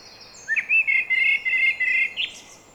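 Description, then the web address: Eurasian blackbird with a short, bright warbled phrase of quick connected whistles, ending in a brief upward flourish. "SETE data Turdus merula"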